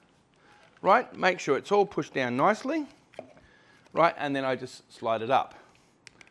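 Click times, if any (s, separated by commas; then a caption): 6.1 s. The top cover of a blind-mount electrical accessory is laid onto its pins on the base, pushed down, and then slid up until it locks. Someone talks through most of the clip, and a small, sharp click is heard at 6.1 s as the cover seats into place.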